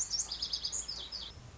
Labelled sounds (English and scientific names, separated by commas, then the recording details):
Lazuli Bunting (Passerina amoena)
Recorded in Sonoma County, California